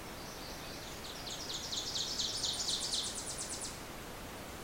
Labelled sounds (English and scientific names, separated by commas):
Ovenbird (Seiurus aurocapilla) song